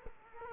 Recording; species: mosquito wingbeat signal from an infrared sensor; Culex quinquefasciatus